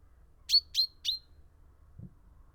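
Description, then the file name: Common chaffinch giving three clipped, bright call notes in quick succession, each dropping sharply in pitch, followed by a soft low thump. "Fringilla coelebs"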